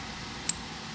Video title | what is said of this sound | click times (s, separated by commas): 2017-2021 Ford F-150 3.5L GTDI Ecoboost Engine: Spark Plug Replacement Walkthrough | so it clicks Slide the lock | 0.5 s